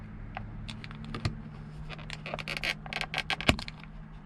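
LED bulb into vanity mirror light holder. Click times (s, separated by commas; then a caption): 3.5 s. A new LED bulb is pushed with one hand into the clip holder of a 1999–2004 Mustang's vanity mirror light, with light scraping and rattling taps as it is worked in. It snaps into place with a sharp click at 3.5 s, seating the bulb in the holder.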